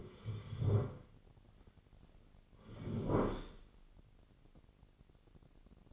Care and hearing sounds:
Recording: daily activity, microphone in the room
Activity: sit down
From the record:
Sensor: 4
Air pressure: 1010.0 hPa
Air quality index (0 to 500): 188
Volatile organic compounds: 3 ppm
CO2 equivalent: 1353 ppm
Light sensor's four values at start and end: 37/91/38/40 and 37/90/37/40

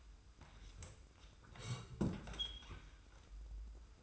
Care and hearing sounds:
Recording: daily activity, microphone in the room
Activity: sit down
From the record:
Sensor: 2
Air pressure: 990.4 hPa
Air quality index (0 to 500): 182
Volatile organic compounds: 1000 ppm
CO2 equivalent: 5772 ppm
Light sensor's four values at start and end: 28/62/27/27 and 30/71/29/29

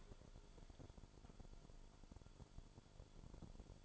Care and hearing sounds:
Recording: daily activity, microphone in the room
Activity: take from stove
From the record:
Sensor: 5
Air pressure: 1008.1 hPa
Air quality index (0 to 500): 113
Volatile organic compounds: 1 ppm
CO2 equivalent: 873 ppm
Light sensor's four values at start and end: 28/59/25/25 and 28/60/25/25

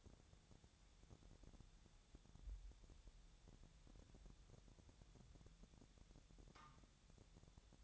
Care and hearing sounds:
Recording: daily activity, microphone in the room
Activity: wipe stove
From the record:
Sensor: 3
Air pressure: 1000.5 hPa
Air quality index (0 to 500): 181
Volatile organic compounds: 4 ppm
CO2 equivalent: 1564 ppm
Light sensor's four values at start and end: 13/30/13/13 and 13/30/13/13

